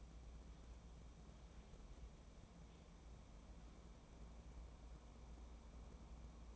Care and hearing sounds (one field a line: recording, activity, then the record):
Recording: daily activity, microphone in the room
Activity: wipe stove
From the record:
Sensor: 1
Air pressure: 1012.4 hPa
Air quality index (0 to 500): 158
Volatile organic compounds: 2 ppm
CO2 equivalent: 1294 ppm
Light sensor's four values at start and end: 715/1592/727/838 and 706/1574/717/827